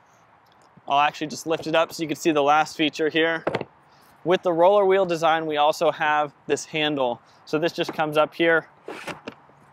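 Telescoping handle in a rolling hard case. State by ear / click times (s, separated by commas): seated / 9.3 s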